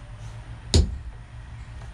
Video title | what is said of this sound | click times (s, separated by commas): RAM 1500 Rough Country 3 Panel Tonneau Cover Installation. HARD LOW PROFILE BED COVER. | kind of click in place now i'm a little off | 0.7 s